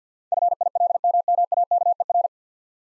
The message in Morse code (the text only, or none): FILMMAKER